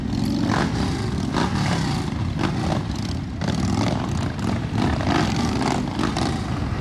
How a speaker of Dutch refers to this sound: In Amsterdam is veel politie op de been voor de uitvaart van een oud-president van motorclub Satudara. En zojuist is daar een grote stoet motorrijders aangekomen.